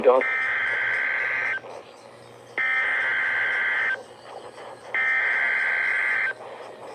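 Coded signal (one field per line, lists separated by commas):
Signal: Emergency Alert System (SAME) tones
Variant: header bursts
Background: speech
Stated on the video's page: Flash Flood Warning from NWS State College (CTP).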